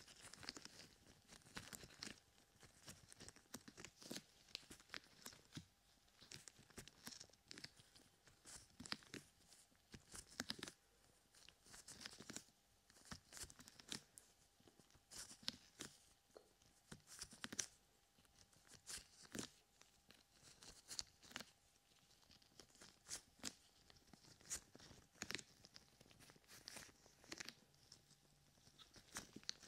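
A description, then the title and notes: Gloved hands cupping and rubbing over the ears make dense, crinkly rustling and soft patting that runs the full thirty seconds. Sharp, bright crackles come every second or so, with brief quieter gaps, and a faint steady tone hums underneath. ASMR Ear Cupping with Gloves.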